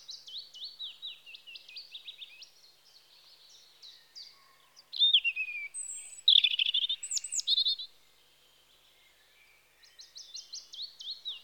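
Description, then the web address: European robin song, thin high notes repeated in quick series, then a louder burst of liquid trills and sharp high whistles, followed by more soft repeated notes. Spring. "The BBC Sound Effects Library. Robin (Erithacus Rubecula) Spring"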